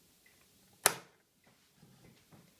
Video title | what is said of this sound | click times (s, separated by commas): Janome New Home Special Edition | press on this winding spindle push it to the right until it reaches the stopper you're going to hear it click into place | 0.9 s